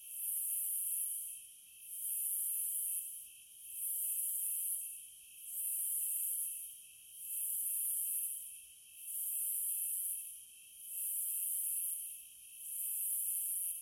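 Cicada song: sizzling high buzz pulsing in even bursts about every two seconds, with a constant lower drone underneath.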